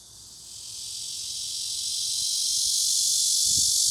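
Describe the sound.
Cicada's continuous shrill buzz, building steadily in loudness from the start, with a brief low knock near the end.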